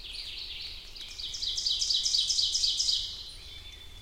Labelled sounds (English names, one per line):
Ovenbird song